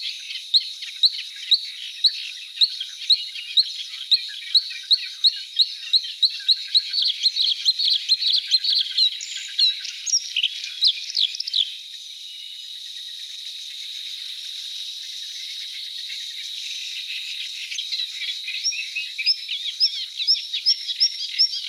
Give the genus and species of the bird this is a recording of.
Luscinia svecica